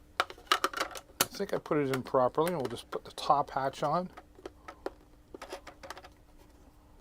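A plastic top hatch is handled over a toy RC boat hull, making sharp taps and knocks in the first second and a half, while someone talks in the middle of the clip. A few fainter taps follow near the end. Nothing has seated or clicked into place yet when the clip ends.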